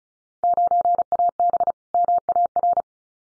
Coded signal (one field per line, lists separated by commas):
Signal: Morse code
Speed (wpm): 34 wpm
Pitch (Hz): 700 Hz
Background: none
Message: 9AB MAR